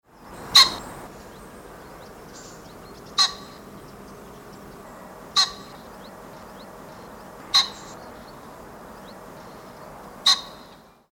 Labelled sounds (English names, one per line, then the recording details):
Common Pheasant
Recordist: Tembrock, Günter
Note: Kurzrufe des Männchens